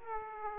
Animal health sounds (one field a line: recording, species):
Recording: mosquito wingbeat signal from an infrared sensor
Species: Aedes aegypti